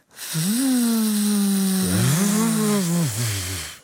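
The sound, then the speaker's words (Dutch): A voice imitates a leaf blower as a vocal exercise, with a finger laid on the lips, making a steady, buzzing lip-trill drone that holds one pitch, then dips lower and wavers for a few seconds before cutting off. “We kunnen ook de bladblazer inzetten. Dan leg je even je vinger op je lippen. En dan doe je dit na.”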